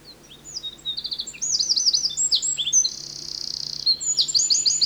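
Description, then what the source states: Eurasian Wren song: a loud, high-pitched outpouring of fast trills and sharp notes, with a long rattling trill. Song sounds powerful from among brushwood, fallen trees and stones in a brushy spruce-swamp hollow with a stream, Finland; Finland's second smallest bird.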